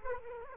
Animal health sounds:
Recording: mosquito wingbeat signal from an infrared sensor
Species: Culex quinquefasciatus

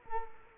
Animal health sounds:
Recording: mosquito wingbeat signal from an infrared sensor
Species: Culex quinquefasciatus

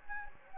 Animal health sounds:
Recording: mosquito wingbeat signal from an infrared sensor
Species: Anopheles gambiae

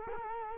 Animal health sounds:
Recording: mosquito wingbeat signal from an infrared sensor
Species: Culex quinquefasciatus

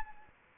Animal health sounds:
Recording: mosquito wingbeat signal from an infrared sensor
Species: Anopheles arabiensis

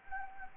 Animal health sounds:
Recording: mosquito wingbeat signal from an infrared sensor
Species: Anopheles gambiae

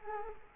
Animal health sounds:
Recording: mosquito wingbeat signal from an infrared sensor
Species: Culex quinquefasciatus

